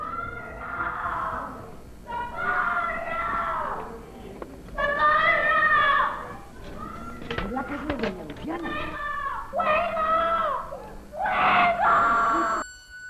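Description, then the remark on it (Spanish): A woman screams in a series of loud, high-pitched, strained cries, each burst lasting a second or two and separated by short gasping pauses: a very young Carmen Maura clinging to the bars of the real house in a dramatization of the crime of Calle de Fuencarral, shouting. “Agarrándose a los barrotes de la casa auténtica y gritando algo.”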